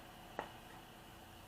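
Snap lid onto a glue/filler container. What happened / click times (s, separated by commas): Plastic lid snapped shut / 0.4 s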